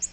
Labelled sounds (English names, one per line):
Nashville Warbler flight call